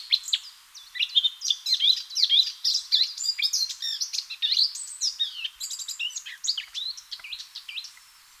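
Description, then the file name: Eurasian blackcap warbling song: a rich, rapid jumble of high twittering and slurred notes that thins toward the end. "Sylvia atricapilla"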